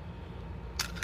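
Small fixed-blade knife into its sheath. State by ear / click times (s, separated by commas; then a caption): seated / 0.8 s. A small fixed-blade knife is pushed into its custom sheath against a low steady background hum, and it snaps home with a sharp click at 0.8 s, followed by a shorter, softer tick at 1.0 s. The knife is seated, and the sheath holds it with good retention.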